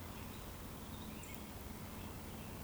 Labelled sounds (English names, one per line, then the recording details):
Eurasian Woodcock whistle
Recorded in Baden-Württemberg, Germany, on 12 June 2020 at 19:39 UTC
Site 14569, 102 m above sea level